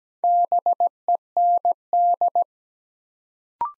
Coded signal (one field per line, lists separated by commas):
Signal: Morse code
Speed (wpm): 17 wpm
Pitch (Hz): 700 Hz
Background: none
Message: BEND